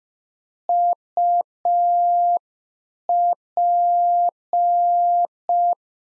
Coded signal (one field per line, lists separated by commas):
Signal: Morse code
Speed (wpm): 5 wpm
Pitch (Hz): 700 Hz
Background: none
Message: UP